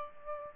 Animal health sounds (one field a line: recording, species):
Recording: mosquito wingbeat signal from an infrared sensor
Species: Aedes albopictus